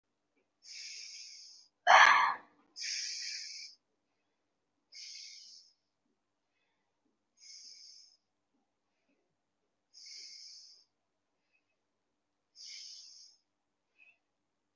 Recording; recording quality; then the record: deep breathing; excellent, no background noise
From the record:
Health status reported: recovered from COVID-19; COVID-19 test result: positive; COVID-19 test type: RT-PCR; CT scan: taken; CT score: 0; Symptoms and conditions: fatigue, muscle pain, another condition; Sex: female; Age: 25 years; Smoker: no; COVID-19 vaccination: both doses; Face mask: worn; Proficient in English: yes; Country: India